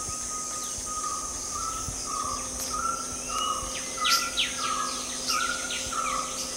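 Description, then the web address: Chestnut-necklaced partridge calling in a steady series of short, slightly falling whistles, over constant buzzing insects and scattered high bird chirps. Recorded at Danum on 8 August 2009. "DANUM 20090808. chestnut-necklaced hill partridge"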